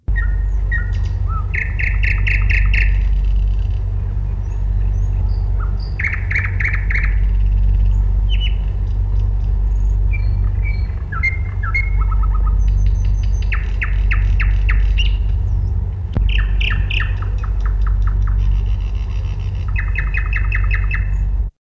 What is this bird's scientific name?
Luscinia luscinia